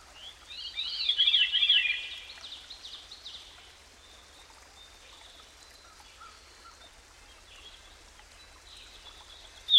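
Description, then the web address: Veery singing one airy, spiraling phrase that twists downward in pitch, followed by several seconds of faint, scattered high notes and a brief sharp sound at the end. "Dan Gibson Songbirds By The Stream. Veery"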